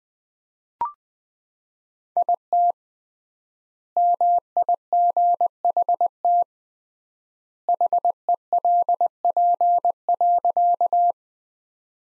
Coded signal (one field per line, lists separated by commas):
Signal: Morse code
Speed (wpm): 20 wpm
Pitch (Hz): 700 Hz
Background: none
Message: IT MIGHT HELP.